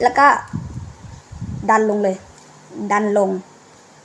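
Someone talks while the folding arm of a DJI Osmo Mobile SE smartphone gimbal is held and pushed down to fold it for storage, with soft low handling noise between the words. The clip ends before the arm locks, so nothing has clicked or seated yet.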